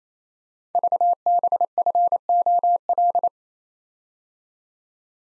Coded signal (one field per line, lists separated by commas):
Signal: Morse code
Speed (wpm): 27 wpm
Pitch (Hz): 700 Hz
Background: none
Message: VBFOL